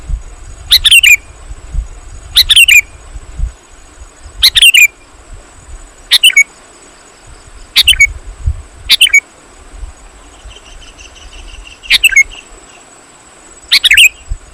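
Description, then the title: Sooty-headed bulbul giving short bubbly chirping phrases, repeated roughly every one to two seconds, with a steady high hum and some low rumble in the background. "kutilang"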